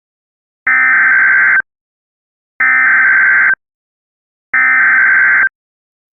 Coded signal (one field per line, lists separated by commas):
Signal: Emergency Alert System (SAME) tones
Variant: header bursts